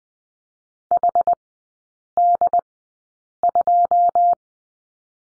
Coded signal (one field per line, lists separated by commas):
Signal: Morse code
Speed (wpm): 20 wpm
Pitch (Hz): 700 Hz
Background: none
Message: HD2